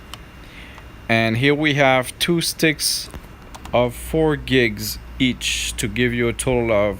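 The second RAM stick is pushed vertically into the motherboard memory slot, and a short, sharp tick at 0.1 s marks the side tabs snapping closed as it seats. Someone then talks about the pair of 4 GB sticks.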